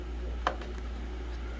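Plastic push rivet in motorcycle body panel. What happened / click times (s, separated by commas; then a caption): The plastic push rivet clicked released / 0.5 s. A small punch tool presses the centre pin of a plastic push-tab rivet holding the body plastic on a Kawasaki Z400 motorcycle. One sharp click at 0.5 s is followed by two fainter ticks near 0.6 and 0.8 s over a steady low hum. The rivet's pin clicks in and the rivet is released.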